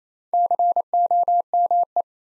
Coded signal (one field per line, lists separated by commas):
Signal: Morse code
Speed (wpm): 36 wpm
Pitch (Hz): 700 Hz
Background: none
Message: COME